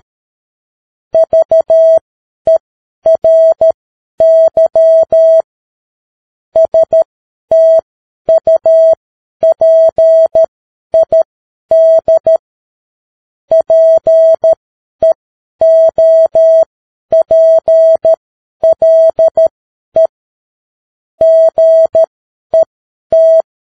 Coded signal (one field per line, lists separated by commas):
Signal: Morse code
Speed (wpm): 13 wpm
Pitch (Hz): 650 Hz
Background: none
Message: VERY STUPID PEOPLE GET